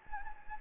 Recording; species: mosquito wingbeat signal from an infrared sensor; Anopheles gambiae